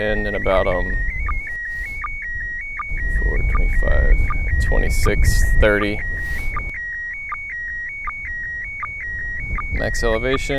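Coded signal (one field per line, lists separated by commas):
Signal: SSTV (slow-scan television)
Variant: PD 180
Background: speech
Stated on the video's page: MAI-75 SSTV transmitted from the ISS, received during a pass over North America.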